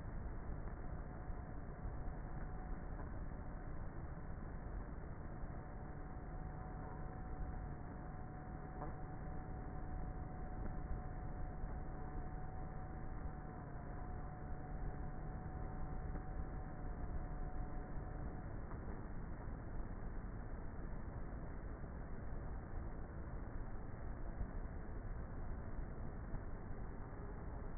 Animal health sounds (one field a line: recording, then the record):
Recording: honeybee colony, microphone inside the hive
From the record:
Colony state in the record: queenless with a low population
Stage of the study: before two queens were removed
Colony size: about 30,000 bees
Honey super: no